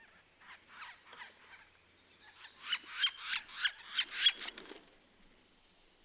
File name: Red-naped Sapsucker